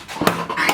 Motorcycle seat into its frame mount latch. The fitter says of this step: goes in and then your seat just clicks into place all